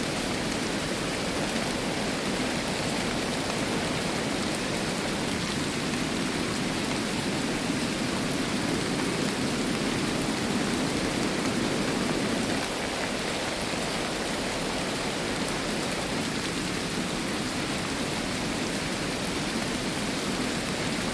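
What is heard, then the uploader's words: Heavy rain pours down in a dense, unbroken hiss that fills the whole range from low rumble to bright top. The sound holds steady throughout, with a slightly fuller, louder stretch in the first half before easing a touch around the middle. Heavy Rain.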